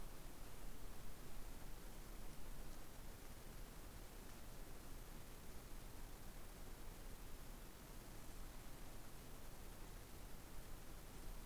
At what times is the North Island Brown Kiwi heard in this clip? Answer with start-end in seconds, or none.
none